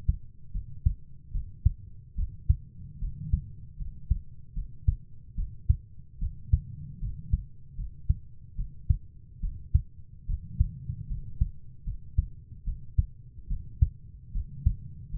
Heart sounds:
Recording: heart sounds by stethoscope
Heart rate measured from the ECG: 74 bpm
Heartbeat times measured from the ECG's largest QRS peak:
0.53 s: heartbeat
1.33 s: heartbeat
2.17 s: heartbeat
3.00 s: heartbeat
3.78 s: heartbeat
4.55 s: heartbeat
5.36 s: heartbeat
6.20 s: heartbeat
7.01 s: heartbeat
7.77 s: heartbeat
8.57 s: heartbeat
9.41 s: heartbeat
10.27 s: heartbeat
11.09 s: heartbeat
11.85 s: heartbeat
12.65 s: heartbeat
13.49 s: heartbeat
14.33 s: heartbeat
15.12 s: heartbeat
From the record:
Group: healthy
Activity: rest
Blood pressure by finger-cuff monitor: 103/54 mmHg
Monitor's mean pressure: 70 mmHg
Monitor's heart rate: 74 bpm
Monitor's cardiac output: 7.1 L/min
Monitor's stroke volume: 96 mL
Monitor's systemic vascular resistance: 710 dyn s/cm5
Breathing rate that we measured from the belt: 16 breaths a minute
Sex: female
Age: 22 years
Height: 160 cm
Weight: 63 kg

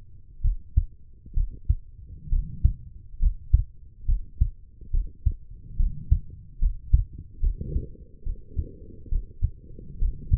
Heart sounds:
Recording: heart sounds by stethoscope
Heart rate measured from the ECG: 69 bpm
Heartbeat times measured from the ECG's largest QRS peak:
0.41 s: heartbeat
1.34 s: heartbeat
2.29 s: heartbeat
3.19 s: heartbeat
4.05 s: heartbeat
4.91 s: heartbeat
5.76 s: heartbeat
6.59 s: heartbeat
7.40 s: heartbeat
8.23 s: heartbeat
9.09 s: heartbeat
9.99 s: heartbeat
From the record:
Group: healthy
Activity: rest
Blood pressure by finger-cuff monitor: 109/66 mmHg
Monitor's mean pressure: 79 mmHg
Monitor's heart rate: 70 bpm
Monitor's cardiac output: 5.6 L/min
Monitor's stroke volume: 81 mL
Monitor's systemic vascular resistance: 1020 dyn s/cm5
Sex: female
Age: 23 years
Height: 160 cm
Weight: 50.4 kg

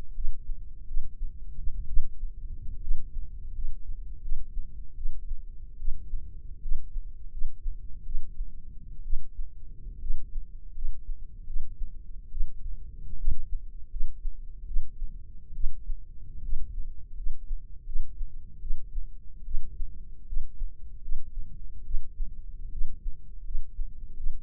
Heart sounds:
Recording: heart sounds by microphone in the left ear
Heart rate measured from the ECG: 75 bpm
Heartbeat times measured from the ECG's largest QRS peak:
0.13 s: heartbeat
0.86 s: heartbeat
1.87 s: heartbeat
2.80 s: heartbeat
3.53 s: heartbeat
4.21 s: heartbeat
4.95 s: heartbeat
5.78 s: heartbeat
6.61 s: heartbeat
7.30 s: heartbeat
8.04 s: heartbeat
9.03 s: heartbeat
10.00 s: heartbeat
10.73 s: heartbeat
11.46 s: heartbeat
12.30 s: heartbeat
13.17 s: heartbeat
13.90 s: heartbeat
14.66 s: heartbeat
15.54 s: heartbeat
16.42 s: heartbeat
17.15 s: heartbeat
17.85 s: heartbeat
18.60 s: heartbeat
19.44 s: heartbeat
20.26 s: heartbeat
21.01 s: heartbeat
21.84 s: heartbeat
22.70 s: heartbeat
23.44 s: heartbeat
24.16 s: heartbeat
From the record:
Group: healthy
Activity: rest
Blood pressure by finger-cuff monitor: 107/67 mmHg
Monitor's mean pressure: 79 mmHg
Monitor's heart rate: 80 bpm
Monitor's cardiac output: 6.5 L/min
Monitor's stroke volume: 88 mL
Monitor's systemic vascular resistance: 870 dyn s/cm5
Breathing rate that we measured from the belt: 18 breaths a minute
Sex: female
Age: 22 years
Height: 157 cm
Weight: 47.6 kg

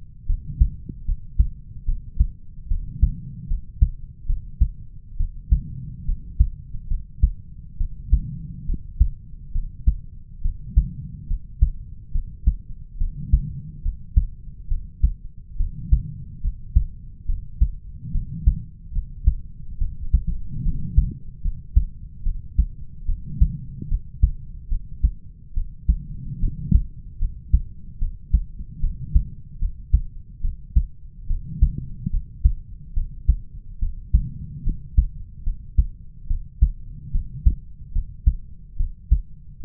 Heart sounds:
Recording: heart sounds by stethoscope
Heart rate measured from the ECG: 72 bpm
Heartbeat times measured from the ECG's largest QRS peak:
0.26 s: heartbeat
1.05 s: heartbeat
1.85 s: heartbeat
2.68 s: heartbeat
3.47 s: heartbeat
4.26 s: heartbeat
5.17 s: heartbeat
6.05 s: heartbeat
6.88 s: heartbeat
7.77 s: heartbeat
8.66 s: heartbeat
9.52 s: heartbeat
10.41 s: heartbeat
11.27 s: heartbeat
12.11 s: heartbeat
12.97 s: heartbeat
13.82 s: heartbeat
14.68 s: heartbeat
15.57 s: heartbeat
16.41 s: heartbeat
17.26 s: heartbeat
18.11 s: heartbeat
18.92 s: heartbeat
19.78 s: heartbeat
20.62 s: heartbeat
21.41 s: heartbeat
22.23 s: heartbeat
23.06 s: heartbeat
23.88 s: heartbeat
24.69 s: heartbeat
25.54 s: heartbeat
26.39 s: heartbeat
27.18 s: heartbeat
27.98 s: heartbeat
28.80 s: heartbeat
29.59 s: heartbeat
30.41 s: heartbeat
31.27 s: heartbeat
32.10 s: heartbeat
32.93 s: heartbeat
33.79 s: heartbeat
34.63 s: heartbeat
35.43 s: heartbeat
36.27 s: heartbeat
37.11 s: heartbeat
37.92 s: heartbeat
38.76 s: heartbeat
39.60 s: heartbeat
From the record:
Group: healthy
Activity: rest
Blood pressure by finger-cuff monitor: 95/75 mmHg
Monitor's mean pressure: 81 mmHg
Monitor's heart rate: 71 bpm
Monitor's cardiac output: 4.9 L/min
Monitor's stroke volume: 68 mL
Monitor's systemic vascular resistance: 1210 dyn s/cm5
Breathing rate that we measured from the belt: 23 breaths a minute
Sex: male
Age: 20 years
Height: 187 cm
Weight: 68.9 kg

